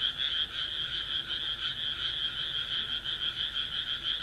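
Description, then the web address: Frog croaking continuously, the pulses running together into a steady rattling drone. "kaeru kaeru"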